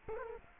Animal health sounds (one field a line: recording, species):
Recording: mosquito wingbeat signal from an infrared sensor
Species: Culex quinquefasciatus